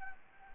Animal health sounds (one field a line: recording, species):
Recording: mosquito wingbeat signal from an infrared sensor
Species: Anopheles arabiensis